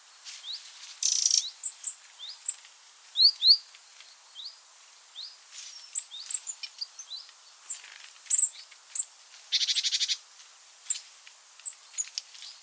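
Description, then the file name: Eurasian wren churring rattles, one early and one later on, with many quick high chirps and sharp ticks throughout. "Troglodytes troglodytes"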